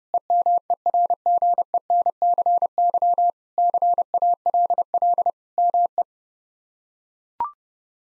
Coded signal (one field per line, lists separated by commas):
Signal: Morse code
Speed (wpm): 30 wpm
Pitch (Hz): 700 Hz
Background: none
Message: EMERGENCY CALL ME